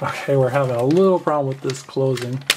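Someone talks while handling the plastic trap cover of a vintage Incredible Hulk Steel Body Trap Action Playset, trying to close it over the playset platform. Only speech and light handling noise are heard, and the cover has not yet snapped shut or seated.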